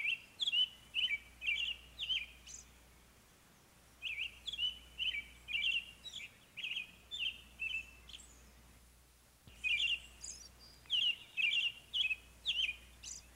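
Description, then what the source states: American robin song of clear caroled phrases in quick runs, with brief gaps between bouts. Rare breeder in the northwestern counties of Florida.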